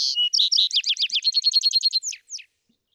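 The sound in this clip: Vesper sparrow song heard from its middle part: rapid, sweet repeated notes forming a rolling trill, ending with two separate slurred chirps.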